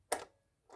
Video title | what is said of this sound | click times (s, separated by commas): Install / Remove diffuser plate on all NESCAFE Dolce Gusto | just push on it until it makes a click | 0.1 s